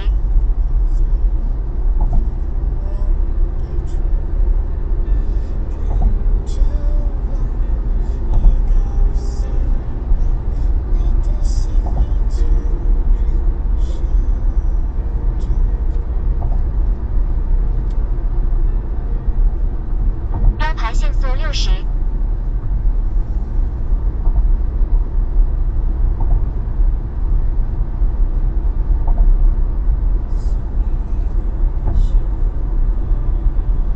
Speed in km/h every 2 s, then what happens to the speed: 77, 83, 87, 90, 90, 92, 93, 96, 97, 94, 92, 92, 92, 95, 96, 97, 97.
0-15 speeds up to 97. 15-34 steady at about 95.